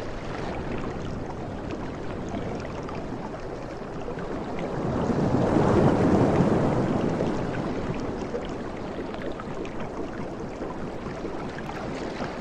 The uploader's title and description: Softest Beach Sounds from the Tropics. Ocean sounds of waves